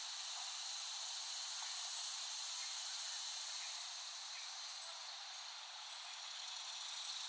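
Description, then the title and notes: Cicada: a loud, hissing buzz held evenly throughout, overlaid by regular short high pulses. Recorded by Dan Bodah in West Brighton, Staten Island, late summer 2008. "Dronecast. The Cicadas of Summer. Recording of cicadas made by Dan Bodah in West Brighton, Staten Island, late summer 2008"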